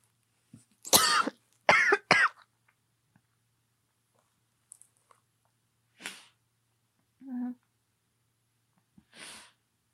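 An adult woman coughs, a few loud coughs close together followed by softer, spaced-out ones. She is just getting over an illness.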